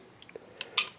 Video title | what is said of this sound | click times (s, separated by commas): Czech Vz44/81 Flare Gun | till it snaps into place you're good to go that's really all there is to them | 0.8 s